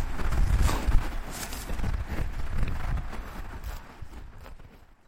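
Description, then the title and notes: Cows feeding, with ripping and chewing sounds amid low wind noise, growing quieter toward the end. Cows eating in a meadow at Kruchenhausen, part of Unterwössen, Chiemgau, Upper Bavaria. "Fressende Kühe, Wiese in Kruchenhausen (Chiemgau). Kruchenhausen ist ein Ortsteil von Unterwössen (Chiemgau/Oberbayern)"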